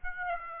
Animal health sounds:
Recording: mosquito wingbeat signal from an infrared sensor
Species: Aedes aegypti

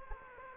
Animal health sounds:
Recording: mosquito wingbeat signal from an infrared sensor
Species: Anopheles gambiae

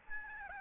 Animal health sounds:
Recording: mosquito wingbeat signal from an infrared sensor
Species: Aedes albopictus

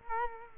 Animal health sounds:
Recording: mosquito wingbeat signal from an infrared sensor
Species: Culex quinquefasciatus

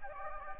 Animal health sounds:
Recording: mosquito wingbeat signal from an infrared sensor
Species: Anopheles gambiae

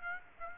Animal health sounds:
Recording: mosquito wingbeat signal from an infrared sensor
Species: Aedes aegypti

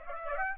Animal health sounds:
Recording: mosquito wingbeat signal from an infrared sensor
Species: Aedes aegypti

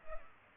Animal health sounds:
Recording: mosquito wingbeat signal from an infrared sensor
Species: Culex pipiens

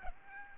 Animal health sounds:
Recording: mosquito wingbeat signal from an infrared sensor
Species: Aedes albopictus

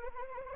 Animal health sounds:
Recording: mosquito wingbeat signal from an infrared sensor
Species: Anopheles arabiensis

